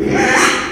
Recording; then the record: squeal of a Yucatan mini pig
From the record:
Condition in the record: after surgery on the right vocal fold (resection and tissue-engineered implant); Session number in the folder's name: 4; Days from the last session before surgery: 42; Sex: male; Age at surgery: 12 weeks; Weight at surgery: 13 kg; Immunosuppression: cyclosporine, prednisolone